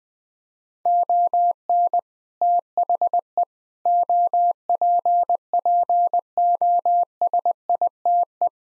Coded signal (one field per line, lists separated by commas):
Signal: Morse code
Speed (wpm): 20 wpm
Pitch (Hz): 700 Hz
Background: none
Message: ON THE OPPOSITE